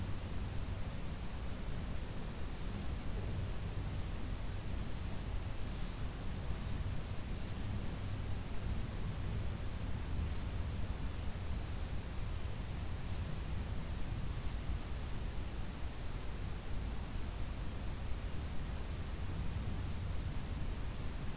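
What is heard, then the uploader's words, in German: Forest rushing blended with green and white noise forms an unbroken, dense wash that holds the same level for the full 21 seconds. A heavier low rumble sits beneath an even hiss reaching up into the highs, with no distinct events. Waldrauschen Grünes und Weißes Rauschen.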